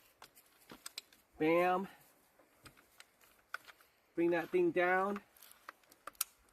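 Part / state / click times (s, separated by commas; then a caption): crossbow string into trigger latch / seated / 6.2 s. A crossbow string is drawn down with the cocking crank until it latches into the trigger mechanism, with small ticks throughout and someone talking in two bursts. A sharp click at 6.2 s marks the string latching into the trigger, confirming the crossbow is cocked.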